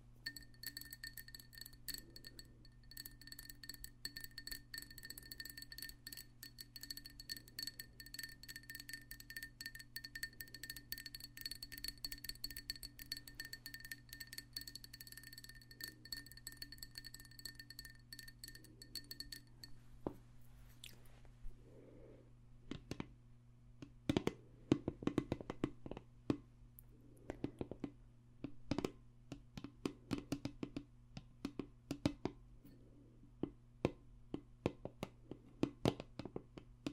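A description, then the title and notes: Extra tingly tapping, with light, quick clicks and clinks like fingertips on glass. For the first twenty seconds a steady high ringing tone and a low hum sit under the taps. After that the ringing stops and the tapping grows louder and more scattered, with sharper, brighter hits. ASMR Extra Tingly Tapping No Talking.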